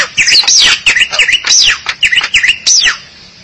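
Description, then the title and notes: Starling or myna song: loud, varied whistled notes sweeping up and down in quick succession, some buzzy, ending abruptly. "suara burung jalak"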